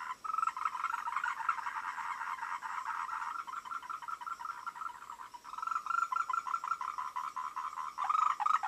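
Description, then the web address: Frogs croak in a busy chorus, with trilled pulsed calls rising out of it at the start and again toward the end. "voice cam frogs"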